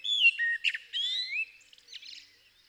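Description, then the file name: Common blackbird song: smooth fluted whistles sliding up and down, trailing into a soft, scratchy twitter. "Turdus merula"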